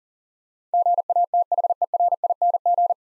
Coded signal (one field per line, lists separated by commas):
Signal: Morse code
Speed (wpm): 38 wpm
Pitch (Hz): 700 Hz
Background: none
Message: GATHERING